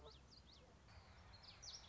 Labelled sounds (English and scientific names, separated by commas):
Common Yellowthroat (Geothlypis trichas)